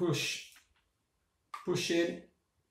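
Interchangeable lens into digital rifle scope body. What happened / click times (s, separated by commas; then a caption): The lens mount is being handled but has not clicked into place / none. An interchangeable electronic lens is handled at the bayonet mount of an NV500 digital night-vision rifle scope body, being pushed in before it is twisted to lock. Someone talks throughout, with a pause between about 0.8 and 1.5 seconds. The lens has not seated or clicked home yet.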